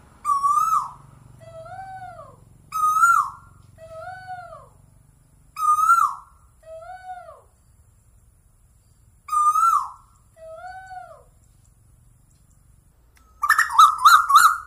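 Bird song: a loud harmonic note followed by two descending slurred whistles, the phrase repeated several times, ending in a rapid burst of bright notes.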